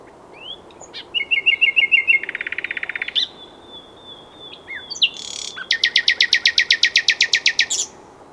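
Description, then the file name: Common nightingale song with a rolling trill, a long thin whistle, then a long, rapid, loud series of repeated notes. "Luscinia megarhynchos"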